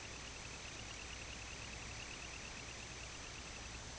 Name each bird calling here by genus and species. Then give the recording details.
Calidris pusilla. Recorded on Arctic tundra, site IGLO-D, on 17 June 2018. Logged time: 00:00